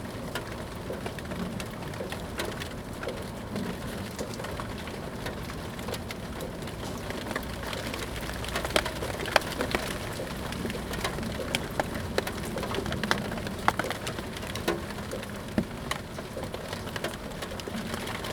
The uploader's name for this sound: rain, backyard